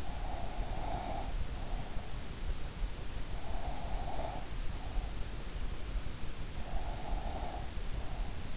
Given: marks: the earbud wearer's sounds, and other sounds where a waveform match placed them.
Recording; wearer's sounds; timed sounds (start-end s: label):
sounds in sleep by an in-ear microphone; breath
0.00-1.78 s: breath
3.36-5.16 s: breath
6.66-8.26 s: breath